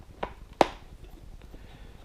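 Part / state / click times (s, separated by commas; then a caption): intercom headset part into motorcycle helmet mount / seated / 0.2 s, 0.6 s. A plastic piece of a SENA 20S motorcycle helmet intercom headset, routed back through the helmet liner, is pressed into its mount. Two sharp plastic snaps sound at 0.2 s and 0.6 s, the second one louder. Both snaps are heard, so the piece is seated.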